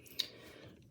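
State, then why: Seated. After being fired, a spring-loaded plastic missile from a brick-built toy jet is slid back into its launcher until it locks. A sharp little click sounds at 0.2 s, and the missile is seated.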